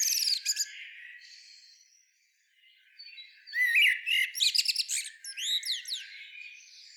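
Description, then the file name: Common blackbird gives loud squawky notes at the start, then a soft lull, then a rapid run of sharp chattering and high whistled notes. "Turdus merula"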